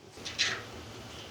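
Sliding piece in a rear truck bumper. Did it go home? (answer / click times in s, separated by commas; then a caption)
no / none. The sliding piece on the modified, trimmed side of a steel Rough Country rear bumper on a 2025 Cummins truck is being pushed outward by hand. A brief scraping rustle comes at about 0.3 s and a louder one at about 0.4 s, then it fades to a low steady hum. Nothing has clicked or seated yet.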